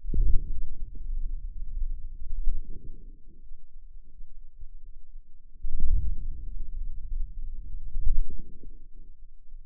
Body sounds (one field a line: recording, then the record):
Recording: forearm muscle sounds (acoustic myography)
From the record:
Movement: wrist extension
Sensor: system 2, bracelet of six BSWA MPA416 microphones around the upper forearm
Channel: 5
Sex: female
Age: 23 years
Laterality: right